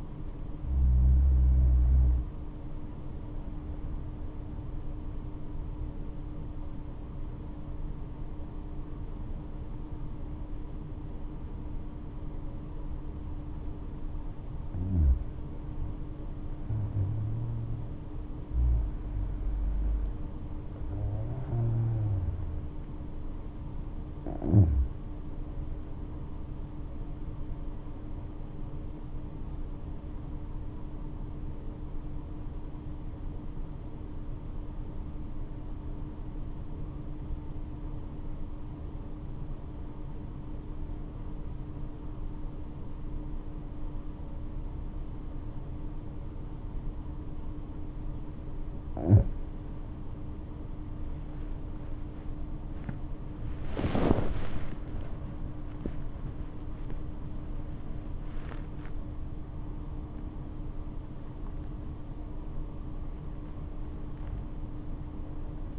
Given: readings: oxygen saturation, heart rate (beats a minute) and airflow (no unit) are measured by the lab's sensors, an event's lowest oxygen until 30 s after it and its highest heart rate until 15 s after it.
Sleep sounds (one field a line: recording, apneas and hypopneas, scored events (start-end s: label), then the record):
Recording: breathing in sleep by a smartphone at the bedside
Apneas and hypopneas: 2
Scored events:
4.00-19.60 s: hypopnea (N2, oxygen 95% highest, then 92% lowest, heart rate 64 at the start, 70 highest)
33.00-50.30 s: obstructive apnea (N2, oxygen 96% highest, then 89% lowest, heart rate 63 at the start, 81 highest)
40.00-65.79 s: new sleep stage, N1 (lightest sleep)
From the record:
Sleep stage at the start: N2 (light sleep)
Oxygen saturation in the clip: 92 to 96%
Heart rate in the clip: 55 to 81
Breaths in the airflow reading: 8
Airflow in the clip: -10.7 to 16.2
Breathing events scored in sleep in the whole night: 228 in 5.4 hours asleep